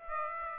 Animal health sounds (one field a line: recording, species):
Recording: mosquito wingbeat signal from an infrared sensor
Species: Aedes aegypti